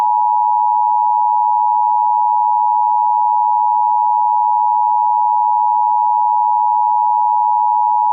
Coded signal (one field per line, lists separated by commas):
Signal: Emergency Alert System (SAME) tones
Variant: 853 and 960 Hz attention tone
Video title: EAS Scenario: Sprunki